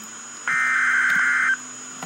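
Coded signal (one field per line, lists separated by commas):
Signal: Emergency Alert System (SAME) tones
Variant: header bursts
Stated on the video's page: Real flash flood warning EAS alert.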